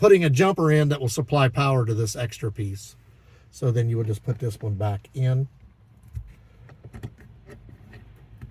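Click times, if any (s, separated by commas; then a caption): none. Someone talks while handling the original multi-pin car wiring harness connector to push it back into a fitDVR 10-pin/12-pin dash cam power adapter socket behind an overhead cover. After the talking stops, only faint small handling ticks are heard from about 6.7 to 8.4 seconds. Nothing has seated or clicked yet.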